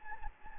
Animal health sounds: mosquito wingbeat signal from an infrared sensor; Anopheles gambiae

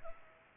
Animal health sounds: mosquito wingbeat signal from an infrared sensor; Culex pipiens

